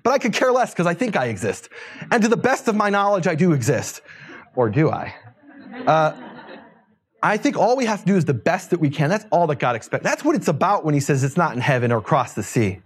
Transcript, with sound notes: But I could care less, because I think I exist, and to the best of my knowledge, I do exist… Or do I?” [laughter] I think all we have to do is the best that we can. That’s all that God expects. That’s what it’s about when He says, “It’s not in heaven or across the sea.”